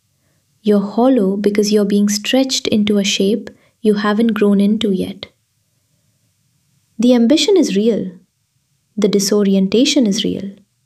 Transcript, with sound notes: You're hollow because you're being stretched into a shape you haven't grown into yet. [pause] The ambition is real. The disorientation is real.